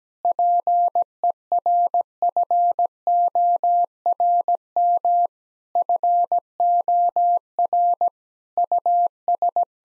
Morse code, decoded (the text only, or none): PERFORM FOR US